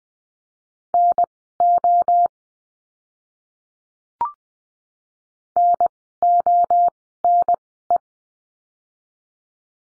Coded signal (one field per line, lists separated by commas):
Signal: Morse code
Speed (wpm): 20 wpm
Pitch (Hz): 700 Hz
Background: none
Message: NO NONE